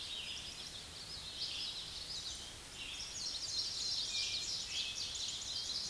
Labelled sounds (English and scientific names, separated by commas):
Common Yellowthroat (Geothlypis trichas) song